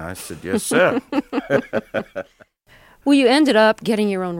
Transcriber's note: laughter